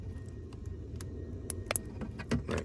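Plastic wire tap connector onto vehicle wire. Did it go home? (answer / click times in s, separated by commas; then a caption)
yes / 1.8 s. A tool presses a plastic wire tap connector down over a white and red wire on an F150 during a powered running board install. Several sharp clicks and taps are heard before a distinct snap at 1.7 s and 1.8 s, followed by more handling noise. The connector snaps shut and is seated, since a snap means it is good.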